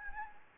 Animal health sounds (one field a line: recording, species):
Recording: mosquito wingbeat signal from an infrared sensor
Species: Anopheles gambiae